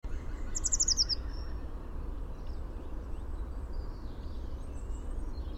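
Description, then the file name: Eurasian blue tit giving a fast series of high notes that slide slightly downward, over a constant low background rumble. "Cyanistes caeruleus"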